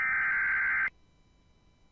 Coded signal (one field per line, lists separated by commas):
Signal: Emergency Alert System (SAME) tones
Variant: header bursts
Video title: Severe Thunderstorm Warning for Clay and Randolph, GA (EAS #89)